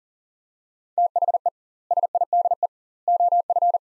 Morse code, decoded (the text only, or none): THE SIDE OF